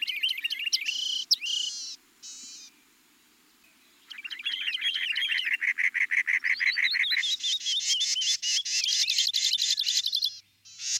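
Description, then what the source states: Birds singing loud, rapid trills and repeated chirping notes, with a short quiet gap before a long, fast, rising series of high notes. A mix of birds.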